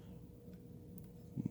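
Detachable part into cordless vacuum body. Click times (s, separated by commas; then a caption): 1.0 s. A detachable part is clipped into the mount on the body of a Lupe Pure cordless vacuum. A short, sharp click at 1.0 s shows it has seated firmly, followed by a couple of soft low knocks near 1.4 s.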